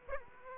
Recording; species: mosquito wingbeat signal from an infrared sensor; Aedes aegypti